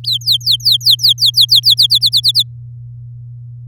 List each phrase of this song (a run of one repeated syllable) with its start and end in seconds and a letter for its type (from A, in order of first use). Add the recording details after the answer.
0.04-1.87 A, 1.90-2.43 B. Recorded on 8 May 2018 at 12:58. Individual llb16